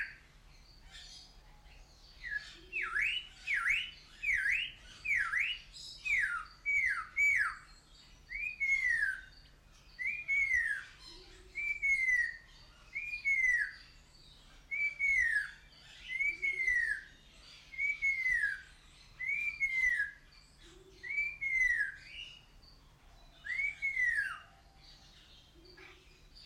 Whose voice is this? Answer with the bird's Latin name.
Cossypha niveicapilla